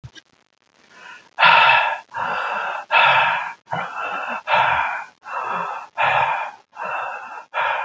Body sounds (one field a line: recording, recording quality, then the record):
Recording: shallow breathing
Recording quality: excellent, no background noise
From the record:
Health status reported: healthy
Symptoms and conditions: none ticked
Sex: male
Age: 37 years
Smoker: yes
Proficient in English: yes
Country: India